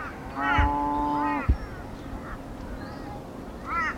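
Sarus crane call: a rasping arched note with a long even tone, a sharp knock, then quieter notes and a final arching cry.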